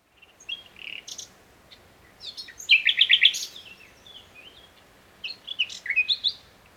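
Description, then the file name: Common nightingale song with varied phrases: a few short notes, a loud rapid trill of repeated notes, then slurred whistles and a final burst of notes, over faint background hiss. "Luscinia megarhynchos"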